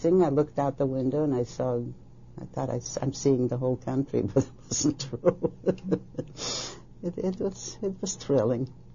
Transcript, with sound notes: I looked out the window and I saw, I thought I saw -- I'm seeing the whole country. (laughs) But it wasn't true. It -- it was – it was thrilling.